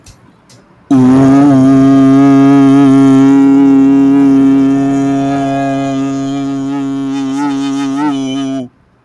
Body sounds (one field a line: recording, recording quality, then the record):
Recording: sustained vowel as in boot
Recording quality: excellent, no background noise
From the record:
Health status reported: recovered from COVID-19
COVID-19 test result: positive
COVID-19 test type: RT-PCR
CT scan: not taken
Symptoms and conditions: none ticked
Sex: male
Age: 22 years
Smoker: no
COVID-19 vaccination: none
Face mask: not worn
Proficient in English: yes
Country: India